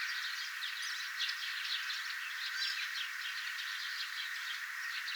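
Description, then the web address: Eurasian tree sparrows chirping in a continuous, overlapping chatter of short, bright tweets with no pause. Tree sparrows singing, recorded 25 September 2025. "paivat 25 9 2025 pikkuvarpuset laulavat"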